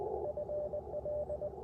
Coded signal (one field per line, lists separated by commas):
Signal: Morse code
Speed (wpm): 20 wpm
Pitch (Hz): 600 Hz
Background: none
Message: FL